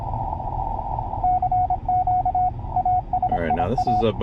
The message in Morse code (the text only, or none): CQ ASIA